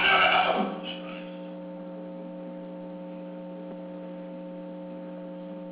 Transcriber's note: audible tv sounds 1/2 of recording